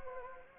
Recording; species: mosquito wingbeat signal from an infrared sensor; Anopheles gambiae